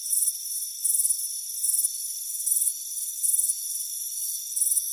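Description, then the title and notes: Crickets chirping: high, grating bursts at intervals, alternating with a softer steady shrill hum. Crickets chirping on a warm afternoon at a front porch. "Soothing Crickets Chirping Sound. It's a warm afternoon as you relax in a hammock on the front porch. Relax and fall asleep to the soothing sound of chirping crickets"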